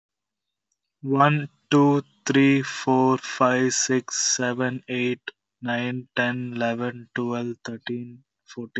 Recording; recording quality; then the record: counting at a normal pace; poor, much background noise or distortion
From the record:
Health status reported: healthy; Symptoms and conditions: none ticked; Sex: male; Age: 24 years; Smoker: not ticked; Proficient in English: yes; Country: India